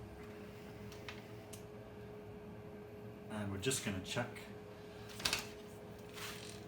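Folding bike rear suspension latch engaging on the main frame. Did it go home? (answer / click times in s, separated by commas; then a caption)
yes / 5.3 s. Someone talks while the rear frame of a folding bike, just fitted with a new suspension bolt and discs, is folded and pushed in to test whether its rear suspension latch catches on the main frame. One sharp click is heard at 5.3 s. The latch catches first time and is seated.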